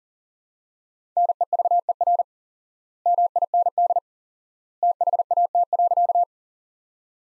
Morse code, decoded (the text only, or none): NEVER MIND THAT.